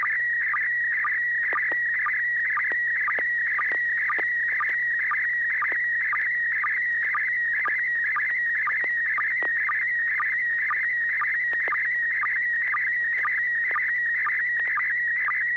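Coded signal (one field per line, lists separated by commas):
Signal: SSTV (slow-scan television)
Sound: steady warbling whine around 2 kHz with short low chirps twice per second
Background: FM radio hum and clicks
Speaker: right after this i'll be asking you to send a photo and as usual if you could let us know what mode you're going to transmit in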